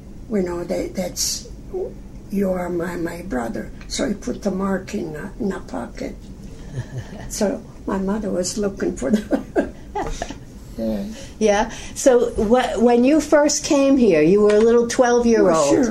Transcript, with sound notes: that, that's you, you are my brother." So he put a mark on a pocket. (laughs) So my mother was looking for the (laughs)
Yeah, so, when you first came here, you were a little twelve year-old.